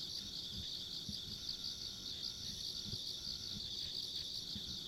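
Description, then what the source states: Insects give an unbroken high, throbbing trill with a faint piercing tone above, over low background noise with a few soft thumps. Ambient insect sounds recorded along a country road.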